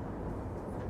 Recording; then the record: background sound without coughing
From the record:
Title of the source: Train Ride Ambience ambient white noise for sleeping, focus, studying, reading